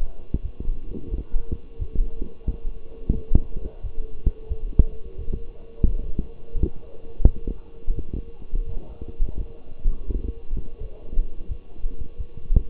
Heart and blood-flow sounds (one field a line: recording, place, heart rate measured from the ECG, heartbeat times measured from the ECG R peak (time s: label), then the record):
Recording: heart sounds by stethoscope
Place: between the tricuspid and mitral areas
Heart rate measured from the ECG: 87 bpm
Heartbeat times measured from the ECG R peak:
0.41 s: heartbeat
1.10 s: heartbeat
1.78 s: heartbeat
2.46 s: heartbeat
3.14 s: heartbeat
3.82 s: heartbeat
4.48 s: heartbeat
5.17 s: heartbeat
5.84 s: heartbeat
6.54 s: heartbeat
7.24 s: heartbeat
7.94 s: heartbeat
8.65 s: heartbeat
9.37 s: heartbeat
10.06 s: heartbeat
10.79 s: heartbeat
11.48 s: heartbeat
12.17 s: heartbeat
From the record:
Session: walking at 3.7 km/h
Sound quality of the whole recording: partially saturated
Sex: male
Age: 24 years